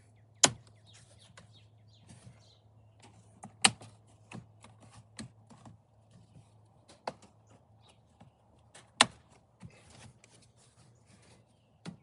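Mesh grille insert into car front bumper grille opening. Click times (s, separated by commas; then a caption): 0.4 s, 3.6 s, 9.0 s. The right section of a plastic mesh radiator grille insert is pushed down into the front bumper grille opening of a Model Y Juniper, against a steady low hum and faint rustling. Sharp snaps ring out at 0.4, 3.7 and 9.0 seconds as the panel's clips click in, and the insert is seated.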